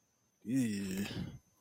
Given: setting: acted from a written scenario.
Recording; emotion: vocal sound without words; disgust